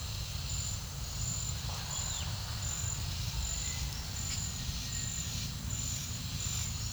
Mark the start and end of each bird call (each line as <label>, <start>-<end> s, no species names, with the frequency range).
bird call (1.7-5.3 kHz), 1.52-2.39 s
bird call (1.1-4.8 kHz), 3.40-5.19 s